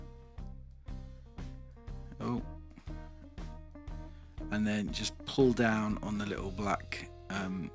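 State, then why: Not seated. During a 2K screen replacement on an Elegoo Mars 2021 printer, the LCD ribbon cable has been slid into the flat connector on the board and is held lined up straight before the black locking clamp is pulled down. Regular beat-like hits from background music run through the clip while someone talks. The cable goes in without a click, and nothing has seated or clicked yet.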